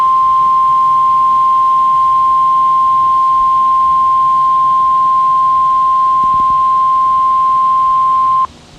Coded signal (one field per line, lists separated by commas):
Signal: Emergency Alert System (SAME) tones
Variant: 1050 Hz attention tone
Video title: (EAS#65) Severe Thunderstorm Warning